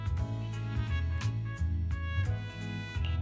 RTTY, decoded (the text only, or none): none